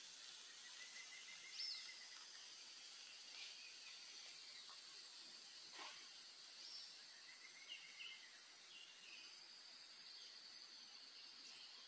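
A steady, bright hiss of insects fills the Atlantic rainforest, holding level throughout. Scattered bird calls break through: short chirps near two seconds, a brief burst around six seconds, and a cluster of twittering notes between seven and ten seconds.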